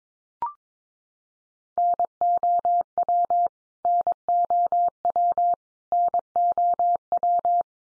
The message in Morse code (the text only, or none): NOW NOW NOW